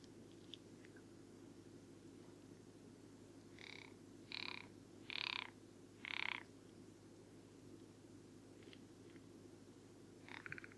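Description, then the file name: Rock ptarmigan, faint: four short rasping bursts spaced under a second apart, then a final rattle near the end. Recorded at Karwendelspitze on 6 July 2014. "Alpenschneehuhn. Karwendelspitze. Michle Pron"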